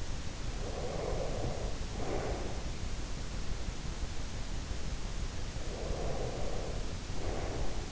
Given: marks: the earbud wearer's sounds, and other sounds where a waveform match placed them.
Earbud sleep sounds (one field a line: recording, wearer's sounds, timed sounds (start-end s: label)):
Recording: sounds in sleep by an in-ear microphone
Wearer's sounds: breath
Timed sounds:
0.43-2.82 s: breath
5.54-7.92 s: breath